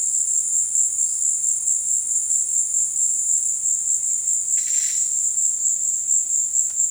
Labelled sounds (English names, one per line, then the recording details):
none
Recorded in dense forest near Puerto Asís, Putumayo, Colombia, on 19 February 2024 at 14:30
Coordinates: 0.472, -76.329
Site G6394